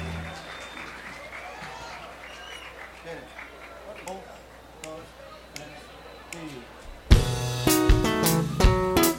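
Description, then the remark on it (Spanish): An audience claps steadily with crowd chatter mixed in for about seven seconds, applauding the Coro Municipal de Piedecuesta, then loud music with sustained tones abruptly starts over the fading applause. “aplausos para ustedes, Coro Municipal de Piedecuesta.”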